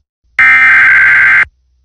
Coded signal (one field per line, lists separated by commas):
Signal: Emergency Alert System (SAME) tones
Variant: header bursts